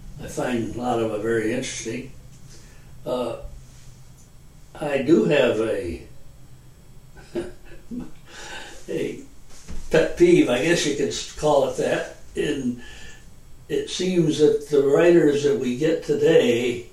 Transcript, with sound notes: I find a lot of it very interesting. I do have a [Laughter] pet peeve, I guess you could call it that. It seems that the writers that we get today